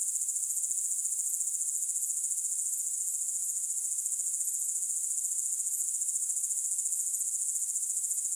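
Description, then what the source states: High, shrill cricket chirping runs nonstop in even rapid pulses, a dense steady trill with only faint low ticks beneath. Night sounds, presented for relaxation.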